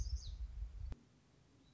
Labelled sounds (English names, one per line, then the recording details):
Black-throated Gray Warbler
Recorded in Sonoma County, California